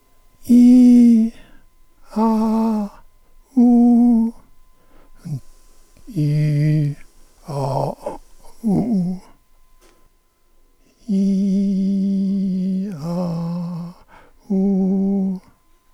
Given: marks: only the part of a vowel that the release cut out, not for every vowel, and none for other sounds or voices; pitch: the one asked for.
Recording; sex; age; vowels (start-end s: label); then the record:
sustained vowels; male; 70 to 79 years
0.53-1.23 s: vowel /i/, high pitch
2.20-2.82 s: vowel /a/, high pitch
3.65-4.23 s: vowel /u/, high pitch
6.21-6.86 s: vowel /i/, low pitch
11.14-12.63 s: vowel /i/, low-high-low pitch
13.13-13.77 s: vowel /a/, low-high-low pitch
14.54-15.30 s: vowel /u/, low-high-low pitch
From the record:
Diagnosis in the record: dysarthrophonia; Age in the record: 72 years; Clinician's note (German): Bei M. Parkinson